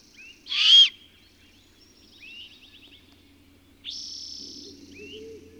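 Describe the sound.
Bird song beginning with a loud harsh note, then soft high trills and a long buzzy phrase, with low warbling in the final seconds.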